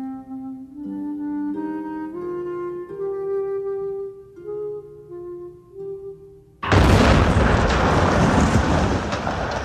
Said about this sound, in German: Die Bombe explodierte an einem Montagmorgen um 8.26 Uhr im Haus des israelischen Wirtschaftsattachés in Bad Godesberg. Sie tötete 6 Menschen.